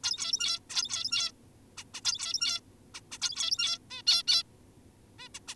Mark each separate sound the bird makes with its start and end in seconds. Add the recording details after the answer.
0.03-0.60, 0.70-1.33, 1.77-1.84, 1.94-2.01, 2.05-2.61, 2.95-3.01, 3.11-3.18, 3.22-3.79, 3.91-4.03, 4.07-4.23, 4.27-4.43, 5.19-5.29, 5.35-5.40, 5.48-5.55. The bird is an adult. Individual g17y2U